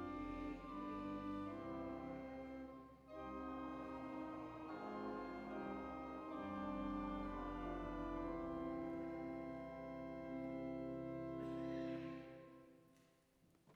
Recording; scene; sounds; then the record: everyday scene through a hearing-aid microphone; reverberant space; music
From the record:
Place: church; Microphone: behind the ear, left, rear